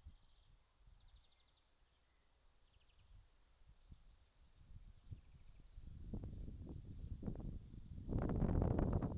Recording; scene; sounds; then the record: everyday scene through a hearing-aid microphone; wind on the microphone; wind, birds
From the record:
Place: in front of a rural house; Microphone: in the ear canal, left